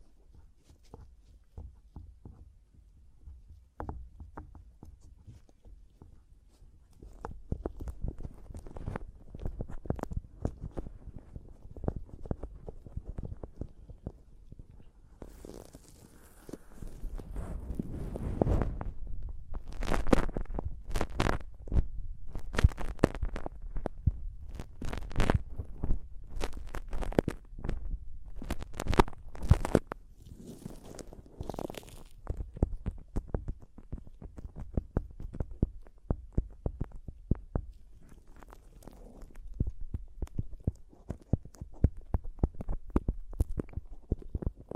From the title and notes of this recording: ASMR Mic Tapping and Scratching (No Talking).